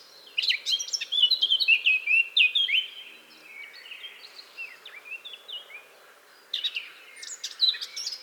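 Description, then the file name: Eurasian blackcap song: a long, fast stream of varied warbled and whistled notes, fading, then a second brisk chattering phrase starts against soft background noise. "Sylvia atricapilla"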